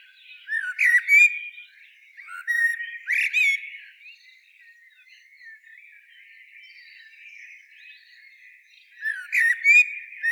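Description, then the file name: Common blackbird delivering separate warbled phrases of fluty whistles with scratchy high twitters, a quieter stretch of several seconds between the early phrases and a final one. "Turdus merula"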